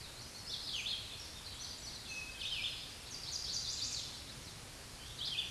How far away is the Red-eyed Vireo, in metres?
about 10 m